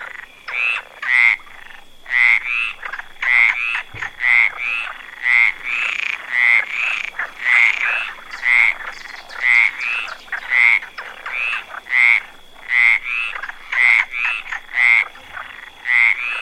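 Frog croaking, short raspy pulsed calls repeated about once a second in a steady series, with a faint constant high tone in the background.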